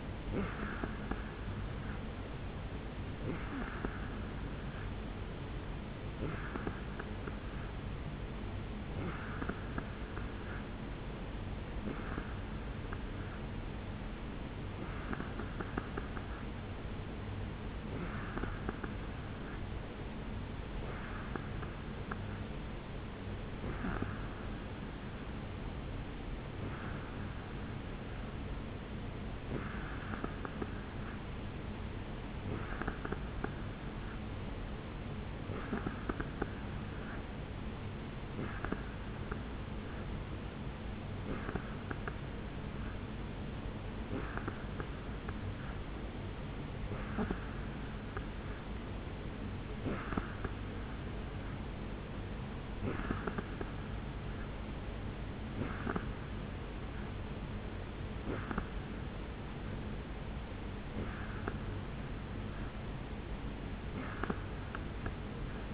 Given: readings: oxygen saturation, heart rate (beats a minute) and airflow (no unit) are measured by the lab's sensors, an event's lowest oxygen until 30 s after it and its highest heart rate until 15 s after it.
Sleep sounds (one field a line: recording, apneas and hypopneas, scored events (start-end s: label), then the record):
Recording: breathing in sleep by a voice recorder at the bedside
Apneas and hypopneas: 1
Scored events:
17.00-65.73 s: new sleep stage, N2 (light sleep)
22.00-53.60 s: hypopnea (N2, oxygen 89% highest, then 87% lowest, heart rate 71 at the start, 72 highest)
From the record:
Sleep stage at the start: N3 (deep sleep)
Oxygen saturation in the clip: 87 to 89%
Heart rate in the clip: 69 to 73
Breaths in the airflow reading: 22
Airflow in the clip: -3.7 to 2.6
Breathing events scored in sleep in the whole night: 449 in 7.0 hours asleep